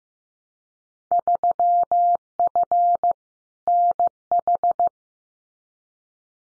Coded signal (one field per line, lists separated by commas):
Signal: Morse code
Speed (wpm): 15 wpm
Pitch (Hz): 700 Hz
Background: none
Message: 3F NH